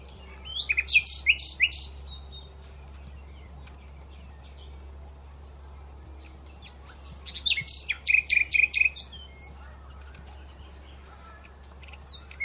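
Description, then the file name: Common Nightingale song in two bursts of loud chattering, stuttering notes and short trills, separated by several seconds of quiet with a low hum beneath. "Luscinia megarhynchos"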